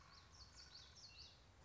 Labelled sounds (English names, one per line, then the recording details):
Common Yellowthroat
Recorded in Sonoma County, California